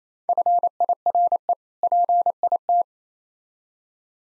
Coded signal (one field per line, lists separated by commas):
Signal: Morse code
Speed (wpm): 27 wpm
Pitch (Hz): 700 Hz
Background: none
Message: FIRE PIT